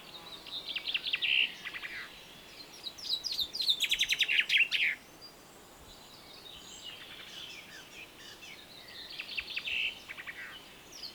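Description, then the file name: Common chaffinch song: a short trill, then a loud, rapid descending phrase, followed by fainter phrases. "Fringilla coelebs"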